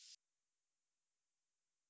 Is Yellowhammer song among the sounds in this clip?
no